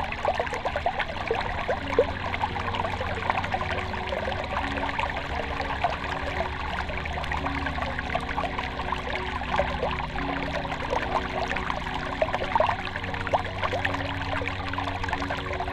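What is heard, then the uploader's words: Running water from a stream flows steadily, a dense, even trickle and splash that stays bright. Low sustained tones hum underneath, shifting pitch slowly every few seconds, like soft held notes beneath the water. Relaxing Flowing Water with Nature Sounds and Ambient Piano Lullaby. Accompanying this is a piano lullaby that repeats while you fall fast asleep. Stream, running water. Music and sound was recorded by Matt Ridenour exclusively for Sleep Better.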